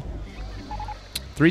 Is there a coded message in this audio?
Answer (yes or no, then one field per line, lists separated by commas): no